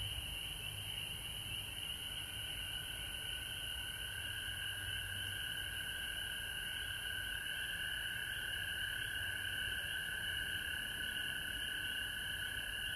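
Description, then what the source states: Frogs in full chorus, constant trilling at two pitches holding steady throughout, with a bright high hiss. Recorded at home in Georgia on March 19, 2020.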